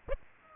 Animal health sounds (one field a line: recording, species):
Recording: mosquito wingbeat signal from an infrared sensor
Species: Aedes aegypti